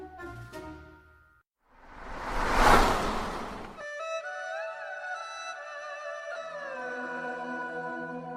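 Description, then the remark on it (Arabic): An eerie, melodic howling tone, like a strange call, plays from a slowly turning tape recorder in a darkened laboratory, sustained and wavering with gliding pitch, following a burst of rushing noise, with no voices. It is music from Japan used by Zen priests for concentration. “ساد الظلام المعمل فيما عدا صوتا غريبا كأنه عواء أو نداء غامض يتخذ طابعا لحنيا ينبعث من جهاز التسجيل الذي يدور ببطء.”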